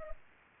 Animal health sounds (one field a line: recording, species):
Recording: mosquito wingbeat signal from an infrared sensor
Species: Culex pipiens